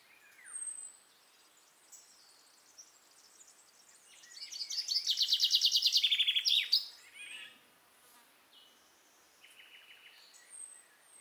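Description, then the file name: Common chaffinch song: a bright trill of sharp notes ending in a short flourish, with faint thin calls before and after. "Fringilla coelebs"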